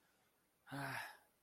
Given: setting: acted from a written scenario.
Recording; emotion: vocal sound without words; serenity